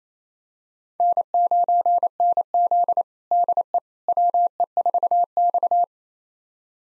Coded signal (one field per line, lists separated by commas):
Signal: Morse code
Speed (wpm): 28 wpm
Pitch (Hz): 700 Hz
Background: none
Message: N9NZ DE WE4X